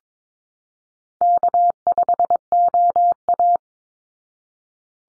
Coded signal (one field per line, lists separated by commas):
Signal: Morse code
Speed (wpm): 22 wpm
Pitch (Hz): 700 Hz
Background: none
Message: K5OA